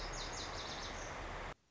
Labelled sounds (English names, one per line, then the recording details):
Lazuli Bunting
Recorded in Sonoma County, California